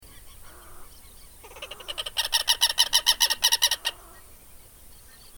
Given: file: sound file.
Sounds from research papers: Example 1 for short series of cackling alarm calls of perched V. chilensis close to its nest. Background (faint): a second Southern Lapwing, E. thula, Yellow-chevroned Parakeet Brotogeris chiriri, and insects. Recording station PPA001, 31 May 2013, 14:31 h; unfiltered.

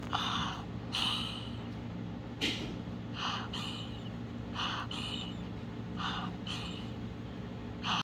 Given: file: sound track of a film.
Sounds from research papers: Video showing laryngoscopy in a dog with hyperparathyroidism presented for evaluation of inspiratory distress and stridor 72 h after ethanol ablation of a parathyroid nodule. Laryngoscopy was performed under a light plane of anesthesia following the administration of butorphanol and alfaxalone. Reduced motion of both arytenoid cartilages was noted during inspiration, with complete closure occurring during expiration. These findings were most consistent with laryngospasm. The dog was hypocalcemic (ionized calcium 0.7 mmol/l, reference interval: 0.9–1.3 mmol/L).

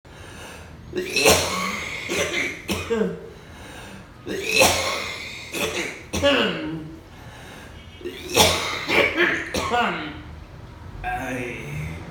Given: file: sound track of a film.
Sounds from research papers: Coughing paroxysms in an adult patient with confirmed pertussis

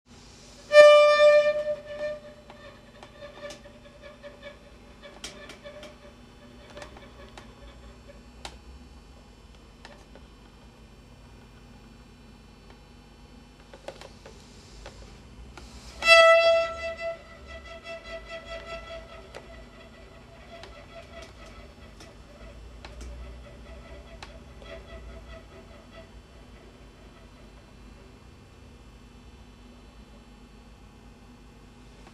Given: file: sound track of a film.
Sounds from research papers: The bowing arm of the patient. The tremor appears after bringing the fast upward movement of the bow to a stop and trying to hold the arm in a steady position. The amplitude decreases with time. The sound however is continuous.

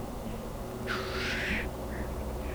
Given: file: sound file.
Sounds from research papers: a hissing call of male Black grouse from Russia

